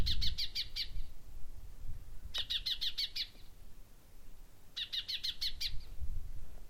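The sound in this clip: Common chaffinch calls: three short bursts of rapid high pulsed notes over a steady low rumble of background noise.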